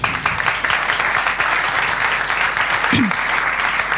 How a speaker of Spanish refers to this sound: Un aplauso, o sea, está quedando dormido ahí.